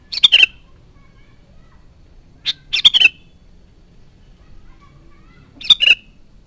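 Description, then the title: Sooty-headed bulbul song: three short bubbly, slightly descending whistled phrases spaced a few seconds apart, with quiet low background hum. "Kutilang"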